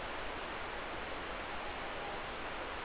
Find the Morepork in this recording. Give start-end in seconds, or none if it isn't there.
1.37-2.37